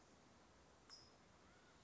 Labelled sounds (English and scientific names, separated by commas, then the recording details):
California Towhee (Melozone crissalis)
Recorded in Sonoma County, California